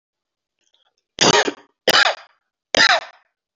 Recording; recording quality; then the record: heavy voluntary cough; excellent, no background noise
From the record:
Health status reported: respiratory illness, not identified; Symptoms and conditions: hypertension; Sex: male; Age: 52 years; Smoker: yes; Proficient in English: yes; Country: India